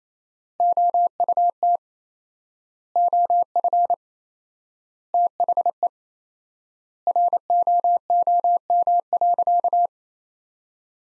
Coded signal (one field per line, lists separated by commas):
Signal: Morse code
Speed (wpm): 28 wpm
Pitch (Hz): 700 Hz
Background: none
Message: OUT OF THE ROOM.